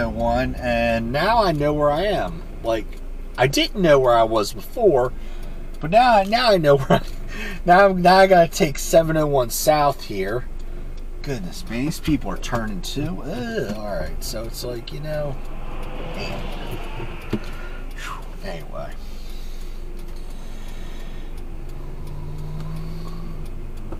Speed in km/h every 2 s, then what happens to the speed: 18, 6, 0, 0, 0, 0, 0, 0, 0, 0, 0, 0.
0-3 brakes to 0. 3-24 standing.